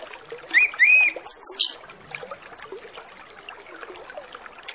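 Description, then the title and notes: Orange-headed Thrush gives a brief song phrase of two looping whistles and a high squeaky note, over steady trickling, watery background noise. Full, varied 'isian' song used as a lure to prompt Orange-headed Thrushes to sing openly and quickly ('ngeplong'). "Masteran Anis Kembang Full Isian Untuk Suara Pancingan Anis Kembang Agar Cepat Ngeplong. Suara Burung Anis Kembang"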